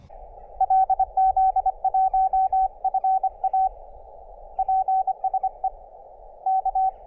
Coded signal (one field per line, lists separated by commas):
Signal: Morse code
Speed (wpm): 24 wpm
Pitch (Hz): 760 Hz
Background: none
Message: LZ1FA PSE K